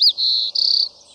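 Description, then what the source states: White-crowned Sparrow song fragment: a high whistled opening note, a steady whistled tone, then a short rapid trill. Buzzy song repeated on spring and summer days and moonlit nights, often up to 15 times a minute, in the western United States; phrased as "See me, pretty, pretty me"; regional dialects.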